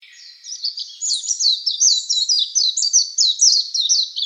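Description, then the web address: Warbling white-eye giving a lively, high chattering warble of quick slurred notes, rising in intensity after a soft start and continuing steadily to the end. "birdenaga mejiro"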